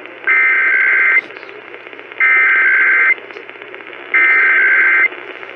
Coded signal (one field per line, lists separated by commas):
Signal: Emergency Alert System (SAME) tones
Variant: header bursts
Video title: New Stations Galore: West Coast Edition... EAS Alerts from 6/3/20-6/30/20 (EAS #324-334)